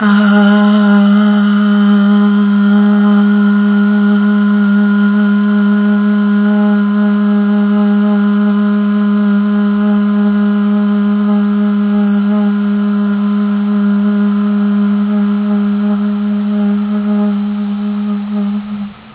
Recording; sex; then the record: sustained vowel /a/; female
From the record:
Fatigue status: fatigue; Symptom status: symptomatic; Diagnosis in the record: COVID-19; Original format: 3gp